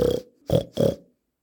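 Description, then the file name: Peafowl gives three loud, nasal notes, the last two close together, then silence. "Pfau"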